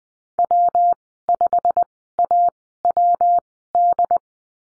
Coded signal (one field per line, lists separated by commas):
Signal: Morse code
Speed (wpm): 20 wpm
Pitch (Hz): 700 Hz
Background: none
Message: W5AWD